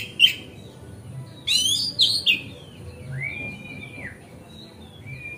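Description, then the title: Oriental magpie-robin song: sharp scratchy notes, a burst of buzzy mixed phrases near the second and a half, then slurred whistled notes that rise and fall. Song tutoring (masteran) recording, made on a terrace. "Kacer Masteran Teras"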